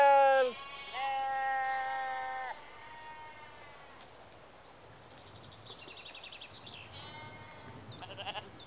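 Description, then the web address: Sheep bleating: a short loud bleat, then a longer one, followed later by fainter bleats. Sheep in a rural exterior atmosphere, early evening, mid-close range. "BBC Sound Effects Library. Exterior Atmospheres-Rural Backg. Sheep Early Evening-Mid Close"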